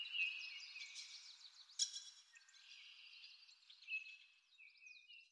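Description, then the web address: Birds chirping and trilling in overlapping high phrases, with a sharp click partway through. Farm setting, morning, nature ambience. "lynne-publishing Nature Ambience Birds"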